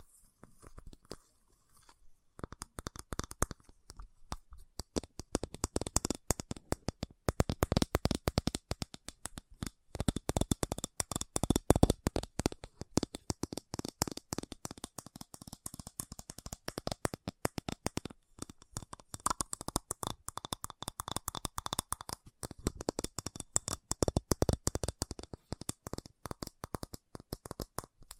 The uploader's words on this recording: ASMR Fast Tapping for Intense Tingles (No Talking).